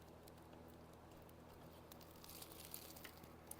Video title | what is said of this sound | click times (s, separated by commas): Proof You Can Build Your Own PC (Even If You're an Accountant) | and a little click. | 3.5 s